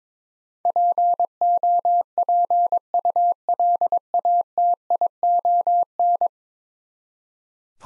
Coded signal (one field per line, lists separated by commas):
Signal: Morse code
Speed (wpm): 22 wpm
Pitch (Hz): 700 Hz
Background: none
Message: POPULATION